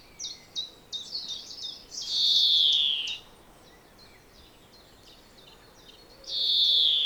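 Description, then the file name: European greenfinch with a few sharp chips, then two long, loud, wheezy buzzes separated by faint twittering. "Chloris chloris"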